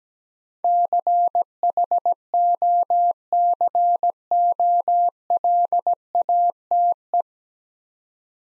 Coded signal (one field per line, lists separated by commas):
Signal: Morse code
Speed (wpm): 17 wpm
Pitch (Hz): 700 Hz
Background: none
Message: CHOCOLATE